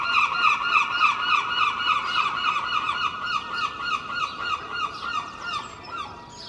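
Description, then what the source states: Gull giving a rapid run of strident, yelping notes at a steady pace of roughly three per second, gradually fading toward the end, with faint chirps of other birds behind. Early morning, Filey, April 2023; recorded from a second-storey window with Clippy microphones and a Roland R-07; other birds present.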